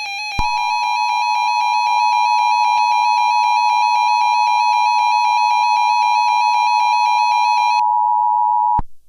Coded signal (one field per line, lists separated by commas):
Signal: Emergency Alert System (SAME) tones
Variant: 853 and 960 Hz attention tone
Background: music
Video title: (One Year Special) EAS Scenario 8|| Cresent Moon Remastered